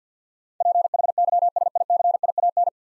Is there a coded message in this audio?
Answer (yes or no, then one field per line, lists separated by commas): yes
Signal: Morse code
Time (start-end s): 0.6-2.7 s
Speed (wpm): 53 wpm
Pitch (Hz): 700 Hz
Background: none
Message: PHYSICIAN